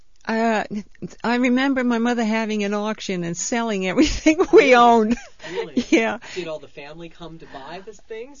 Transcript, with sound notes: Uh, I remember my mother having an auction and selling everything we owned. (she laughs)
Really. Really.
Yeah.
Did all the family come to buy things?